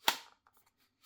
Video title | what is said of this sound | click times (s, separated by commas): Unbox and test of the Anbernic RG Slide | Once you slide up, it clicks right into place very satisfyingly. | 0.1 s